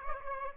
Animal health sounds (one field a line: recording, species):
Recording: mosquito wingbeat signal from an infrared sensor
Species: Aedes aegypti